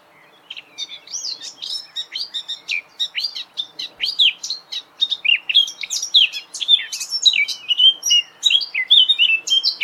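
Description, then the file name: Eurasian blackcap song, a fast, varied warble of scratchy and fluty notes that grows louder and busier over about ten seconds without pause. "Sylvia atricapilla"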